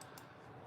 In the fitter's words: it's fine no worries on that see it it pops into place